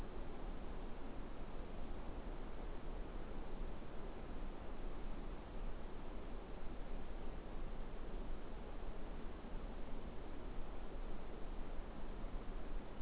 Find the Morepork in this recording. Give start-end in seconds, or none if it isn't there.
none